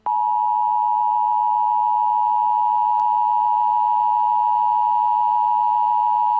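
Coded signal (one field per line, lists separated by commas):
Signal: Emergency Alert System (SAME) tones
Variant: 853 and 960 Hz attention tone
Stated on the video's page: Fictional zombie emergency alert with EAS tones, a made-up scenario.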